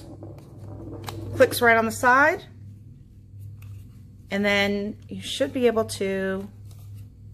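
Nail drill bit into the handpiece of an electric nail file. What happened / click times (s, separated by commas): Handled, not yet home: the small part has not clicked into place / none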